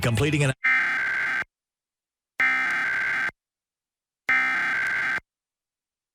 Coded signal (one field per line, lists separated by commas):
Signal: Emergency Alert System (SAME) tones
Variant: header bursts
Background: speech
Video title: WMDT-DT2 Emergency Alert System - Required Monthly Test (March 29, 2023)